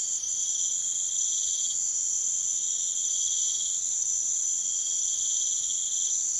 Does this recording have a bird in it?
no